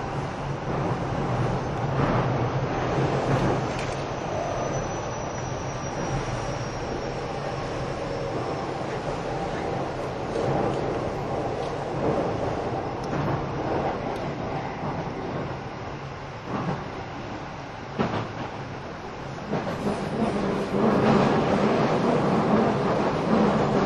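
A train runs steadily with a dense, constant rumble and rattle, brief clattering bursts near 10, 16 and 18 seconds, and a faint high whine around 5-7 seconds.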